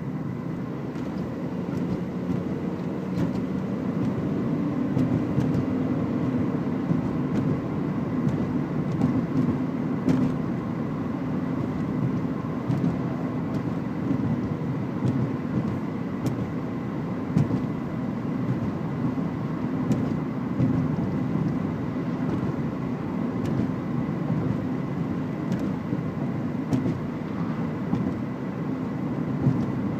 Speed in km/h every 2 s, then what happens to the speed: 50, 64, 67, 70, 71, 71, 70, 70, 70, 71, 72, 70, 69, 71, 72.
0-7 speeds up to 71. 7-30 steady at about 71.